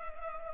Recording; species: mosquito wingbeat signal from an infrared sensor; Culex pipiens